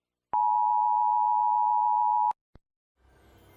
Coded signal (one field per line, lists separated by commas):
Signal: Emergency Alert System (SAME) tones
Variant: 853 and 960 Hz attention tone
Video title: EAS Scenario: China bombed Philippines